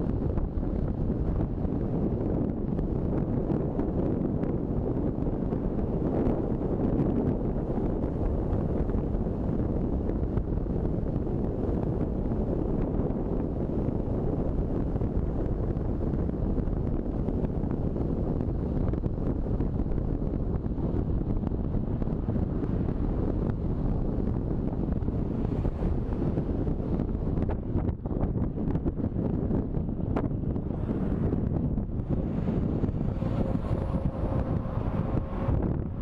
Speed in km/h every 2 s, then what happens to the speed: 44, 43, 45, 47, 49, 50, 50, 48, 45, 41, 38, 34, 30, 27, 24, 23, 21, 21.
0-12 steady at about 47. 12-36 slows to 21.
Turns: none.